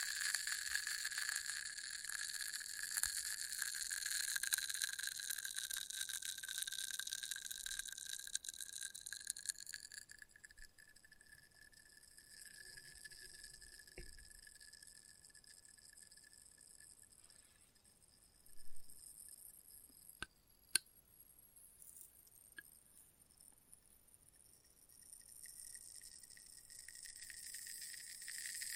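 Test tubes give off a sustained, ringing glassy tone with several high pitches stacked together, loud and shimmering for the first ten seconds before settling quieter. Sharp taps and clicks land around 14, 19 and 21 seconds, and the ringing swells again near the end.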